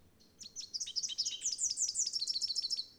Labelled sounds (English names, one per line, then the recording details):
Rufous-capped Warbler song
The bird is a male
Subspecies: rufifrons
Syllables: 29
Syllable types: 7
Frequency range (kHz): 2.5-8.8 kHz
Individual CS-R02-M